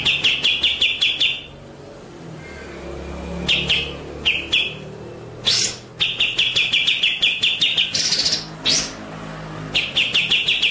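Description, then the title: White-rumped shama song: repeated fast rolling trills of clipped notes mixed with loud harsh buzzy bursts, phrases recurring every few seconds. Masteran training track of rolling (ngerol) and sharp, shooting (nembak) song. "Masteran Murai Batu Full Ngerol Nembak"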